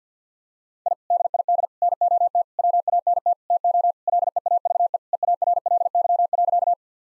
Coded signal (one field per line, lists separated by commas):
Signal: Morse code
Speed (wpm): 50 wpm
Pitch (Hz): 700 Hz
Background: none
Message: I DID NOT WANT TO LEAVE EARLY.